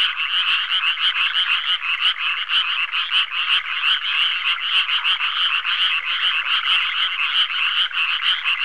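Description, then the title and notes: Frogs calling together in a loud, pulsing chorus, each croak a quick rattle repeated over and over without pause. "NHK Sound Effects Collection - 3-Frogs, Crickets, Cicadas, Horses, Dogs. NHK効果音集 - 3-カエル・虫・セミ・ウマ・イヌ"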